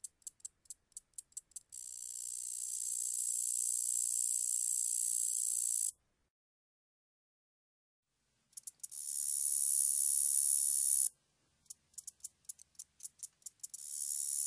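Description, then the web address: Common meadow katydid song: rapid bursts of high, dry ticks leading into long, steady hissing buzzes of several seconds, separated by silences. "Crickets and Katydids. Common Meadow Katydid, Orchelimum vulgare"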